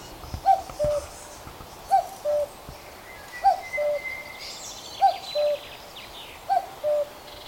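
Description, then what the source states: Common Cuckoo singing its two-note falling cu-ckoo, repeated five times at roughly one-and-a-half-second intervals, with faint higher bird chatter behind. Flying toward the recordist in water meadows in England, 2022.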